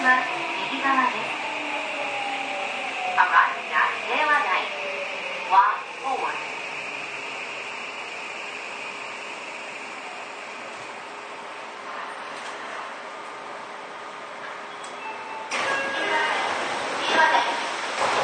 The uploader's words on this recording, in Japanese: 西武6000系 和光市〜新木場。1991年度から1995年度までに製造された6101F - 6117Fの車体は軽量ステンレス製。